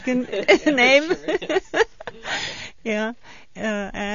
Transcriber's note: they laugh